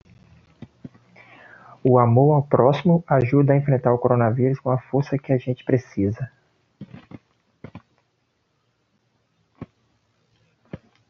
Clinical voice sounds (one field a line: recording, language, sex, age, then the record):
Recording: spoken sentence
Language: Brazilian Portuguese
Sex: male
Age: 30 to 39 years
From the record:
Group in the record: control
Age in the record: 37 years